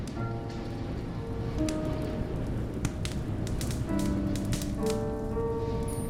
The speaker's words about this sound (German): Das Holz im Kamin knackt.